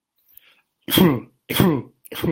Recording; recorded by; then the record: voluntary cough; messaging app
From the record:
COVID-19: positive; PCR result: self-reported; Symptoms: yes